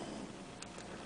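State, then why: Not seated. A piston disassembly tool is inserted into the hole in the end of a TWSBI Diamond 530 fountain pen barrel and screwed down, but its threads fail to catch. Steady broadband noise is heard, with one brief sharp tick at 0.6 s. Nothing has seated or clicked yet.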